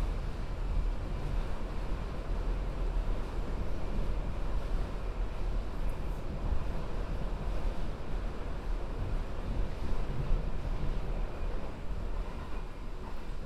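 A steady, dense low rumble of a moving vehicle, likely a subway train, with constant roar and faint higher rattling throughout.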